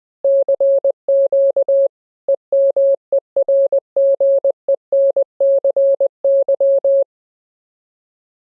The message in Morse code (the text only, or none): CQ EMERGENCY